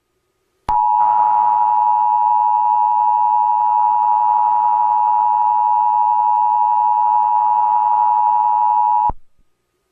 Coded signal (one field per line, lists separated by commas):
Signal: Emergency Alert System (SAME) tones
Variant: 853 and 960 Hz attention tone